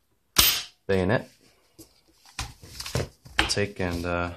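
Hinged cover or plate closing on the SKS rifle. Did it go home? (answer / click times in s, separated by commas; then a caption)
yes / 0.4 s. A hinged cover on an SKS rifle is popped down into its closed position during reassembly, giving a single sharp snap at 0.4 s. Someone talks afterward. The cover snaps shut and seats closed.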